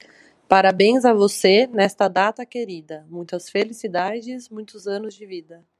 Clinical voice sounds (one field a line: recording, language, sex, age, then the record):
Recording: short text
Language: Brazilian Portuguese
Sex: female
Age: 20 to 29 years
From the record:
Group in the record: control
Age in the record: 26 years